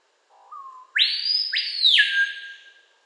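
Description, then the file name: Screaming piha giving a brief soft note, then a powerful whistled upsweep with a double crack, sinking into a sustained lower tail. "Lipaugus vociferans"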